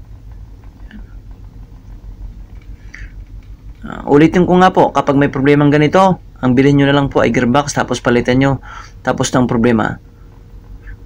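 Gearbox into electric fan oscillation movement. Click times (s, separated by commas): 2.9 s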